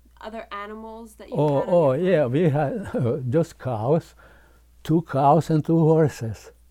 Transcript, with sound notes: Other animals that you...
Oh, oh, yeah. We had [laughs] just cows, two cows and two horses.